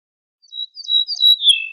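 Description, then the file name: Ortolan bunting song, a short series of clear high notes building up, then dropping to a lower note at the end. "suara kicauan ortolan"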